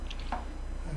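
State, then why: Seated. A small device is fitted onto its mount base, which is stuck on with two-part epoxy resin and gaffer tape. Two sharp clicks are heard at 0.1 s and 0.3 s as it plugs on and locks in place over a steady low hum.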